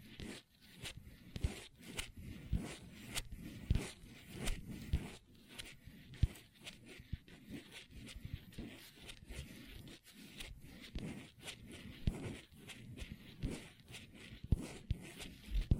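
Long nails tap and scratch across a tabletop in a busy, uneven stream of sharp clicks, with bursts of rapid tapping between rougher scraping strokes. The activity runs throughout the sixteen seconds with brief pauses, and the scratches sound dry and gritty.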